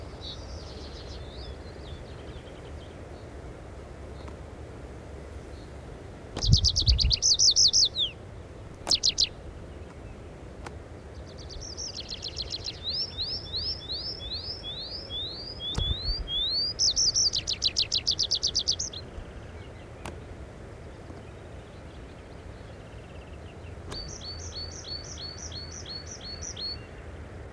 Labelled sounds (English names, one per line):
Tree Pipit song